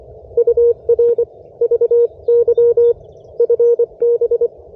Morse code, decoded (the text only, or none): UR VY FB